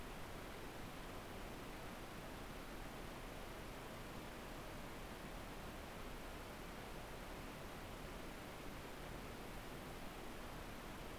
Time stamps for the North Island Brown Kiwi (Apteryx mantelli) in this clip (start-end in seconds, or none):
none